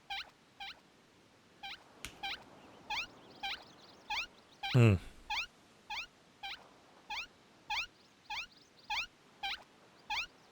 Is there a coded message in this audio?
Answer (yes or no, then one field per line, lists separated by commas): no